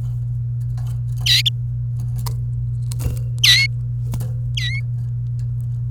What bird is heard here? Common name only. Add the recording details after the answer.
Domestic Canary. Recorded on 28 April 2018 at 13:31. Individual llb3